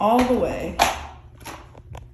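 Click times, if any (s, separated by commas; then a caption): 2.0 s. Someone talks as a darkroom door is pushed fully closed, with an extra push, so its latch seats into the door frame strike. A faint tap comes at 1.8 s, then the small latch click at 2.0 s as the door latches shut.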